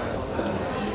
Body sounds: background sound without coughing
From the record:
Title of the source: 40 min - Ambience sounds UNIVERSITY lunchroom chatting

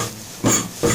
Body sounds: coughing mixed with background sound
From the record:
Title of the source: Cough Around the Clock!

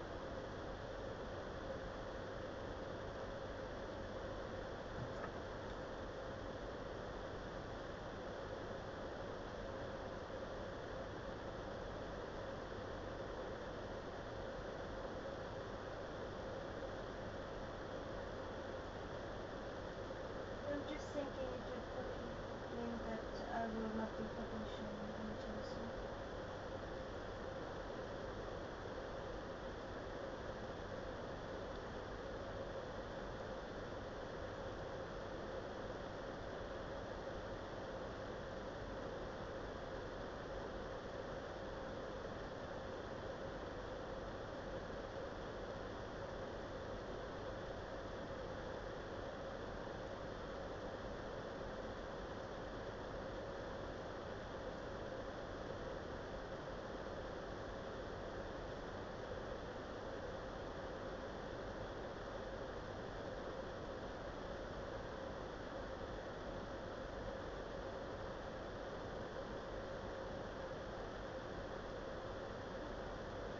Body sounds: background sound without coughing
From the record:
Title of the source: wind

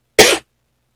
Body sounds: coughing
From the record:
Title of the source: 61 morning phlegmy cough...again

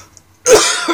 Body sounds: coughing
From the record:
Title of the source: Dry Coughing Fit in the Afternoon.

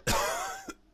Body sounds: coughing mixed with background sound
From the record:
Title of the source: Coughing 51

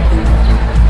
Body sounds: background sound without coughing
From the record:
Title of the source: Party Noise 1 Hour Party Ambience

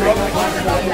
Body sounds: background sound without coughing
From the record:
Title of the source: Nightlife Party Simulating Party Club Noise 1 Hour

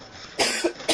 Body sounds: coughing mixed with background sound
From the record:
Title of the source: 55 gaggy wet cough

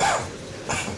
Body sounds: coughing mixed with background sound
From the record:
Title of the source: Spring Cold Coughing 2

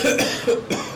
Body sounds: coughing mixed with background sound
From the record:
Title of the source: Spring Cold Coughing 3

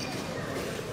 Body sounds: coughing mixed with background sound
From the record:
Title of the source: 60 coughing still (deep and wet cough)

